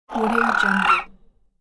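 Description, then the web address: Fur seal giving a single harsh, guttural growl of about one second, with a roughly grating, snarling texture, then quickly fading out. An angry fur seal. "Fur Seal Anger"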